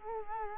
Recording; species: mosquito wingbeat signal from an infrared sensor; Culex quinquefasciatus